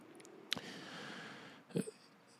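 A short snorting intake is followed by a long, soft, airy rasp, then another snort near the end, the pattern of a single snoring breath. A pet dog snores while sleeping after a meal, an ordinary resting sound.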